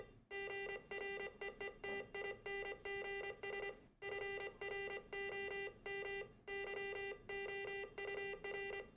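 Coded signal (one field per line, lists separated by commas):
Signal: Morse code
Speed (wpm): 25 wpm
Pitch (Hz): 2000 Hz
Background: music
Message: GREETINGS FROM YOUR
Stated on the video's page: Morse code in a re-creation of the first wireless transmission over land, a contact between two amateur radio club stations.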